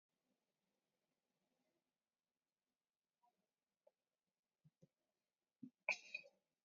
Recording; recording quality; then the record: shallow breathing; poor, much background noise or distortion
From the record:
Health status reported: COVID-19 positive, moderate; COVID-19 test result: positive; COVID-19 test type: RT-PCR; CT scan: not taken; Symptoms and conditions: cough, cold, sore throat, fatigue, loss of smell and taste, diabetes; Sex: female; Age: 58 years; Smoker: no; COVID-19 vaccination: none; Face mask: worn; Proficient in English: yes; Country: India